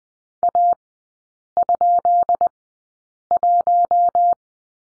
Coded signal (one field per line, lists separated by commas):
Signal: Morse code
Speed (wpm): 20 wpm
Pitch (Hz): 700 Hz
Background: none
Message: A?1